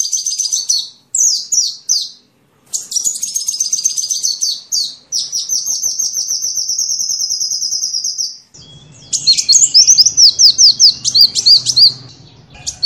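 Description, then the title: Sunbird song, choppy high phrases, then a long even trill, then quick jumbled twittering over a low hum. Sunbird in full song (gacor), with fill-in phrases (isian) copied from the cililin and the canary. "Kolibri gacor isian cililin dan kenari"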